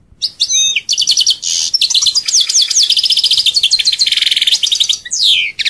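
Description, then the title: European goldfinch singing continuously, a fast liquid twitter mixing buzzy trills, slurred whistles and rapid repeated chips, all high-pitched and without pause. "Chant Chardonneret"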